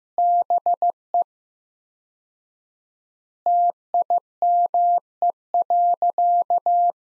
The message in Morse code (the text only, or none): BE TIME.